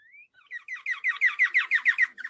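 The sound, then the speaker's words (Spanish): Small birds chirping in a quick, steady run of bright, high-pitched notes, starting with a thin rising whistle and building into about a dozen regular chirps, with no voices. “Bien, ahí veo sonido de pajaritos, pero bueno, no te iba a preguntar la causa.”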